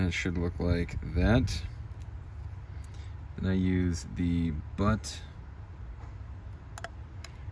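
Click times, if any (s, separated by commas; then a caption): 6.8 s. During an iPhone 12 Pro Max back glass housing rebuild, a small internal part is pressed into the phone's rear housing with the butt of a tool while someone talks. After the talking stops, two tiny sharp clicks at 6.8 s and 6.8 s show the part seating in the housing, followed by one more faint tick.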